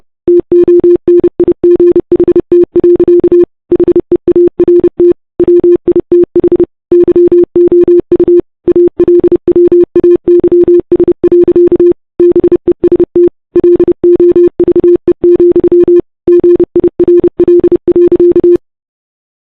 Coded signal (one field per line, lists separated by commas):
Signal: Morse code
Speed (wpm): 31 wpm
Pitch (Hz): 350 Hz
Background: none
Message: TONIGHT. HEART WITH YOU ALWAYS. BEST LOVE, GIRL.